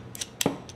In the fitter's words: and it's locked into place then i can mount my flash right there so now